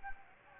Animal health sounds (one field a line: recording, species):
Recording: mosquito wingbeat signal from an infrared sensor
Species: Anopheles gambiae